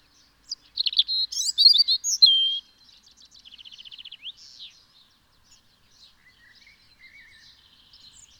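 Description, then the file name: European robin song: a bright burst of high, jumbled warbling, then a softer buzzy trill and faint scattered notes in a quiet background. "Erithacus rubecula"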